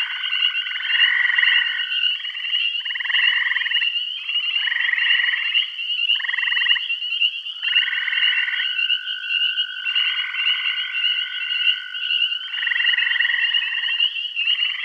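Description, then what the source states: Frog chorus of repeated buzzy trills, each about a second, with a long level whistled note sustained across several seconds and a steady high background whine. Bath County.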